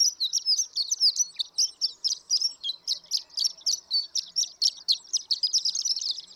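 Horned lark giving a fast, continuous run of thin, high, sparkling chips and slurred notes, bright and hurried throughout.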